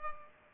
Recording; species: mosquito wingbeat signal from an infrared sensor; Culex pipiens